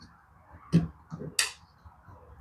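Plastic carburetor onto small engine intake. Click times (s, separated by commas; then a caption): 1.4 s. A plastic Briggs lawn mower carburetor fitted with a new fuel line is worked back onto its mount on a small engine intake, having resisted because the new line isn't bent to the old one's shape. Low thumps of handling come at about 0.7 s and 1.2 s, then a sharp bright click at 1.4 s as the carburetor snaps into place, seated without forcing.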